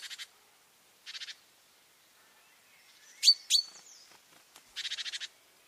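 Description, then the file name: Great tit calls: short buzzy churring rattles, two near the start and one at the end, framing two loud sharp notes in quick succession, with a few faint ticks. "Parus major"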